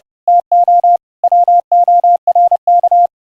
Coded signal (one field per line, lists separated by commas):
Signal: Morse code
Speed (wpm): 30 wpm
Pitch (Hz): 700 Hz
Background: none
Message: TO WORK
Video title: Morse Code audio QSO over the internet using the GOSH.IO website & your WEBrtc enabled browser